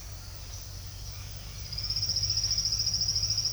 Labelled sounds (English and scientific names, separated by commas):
none